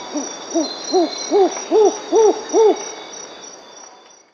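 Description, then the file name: Mottled owl delivering a series of about seven throaty, arched hoots that grow louder toward the end, about two and a half per second, over a constant high insect hum. Recorded in Peru. "Mottled Owl (Ciccaba virgata), Peru"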